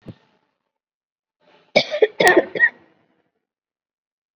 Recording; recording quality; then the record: shallow voluntary cough; excellent, no background noise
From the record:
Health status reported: COVID-19 positive, mild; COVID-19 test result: positive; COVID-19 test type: RT-PCR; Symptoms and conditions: cough, cold, breathing difficulty, fever, fatigue, muscle pain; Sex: female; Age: 20 years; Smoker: no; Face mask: worn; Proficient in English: yes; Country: India